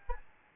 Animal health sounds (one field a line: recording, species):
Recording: mosquito wingbeat signal from an infrared sensor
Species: Aedes albopictus